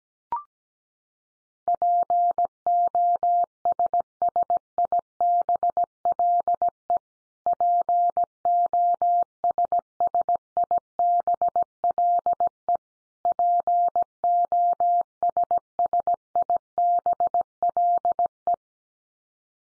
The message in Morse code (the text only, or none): POSSIBLE POSSIBLE POSSIBLE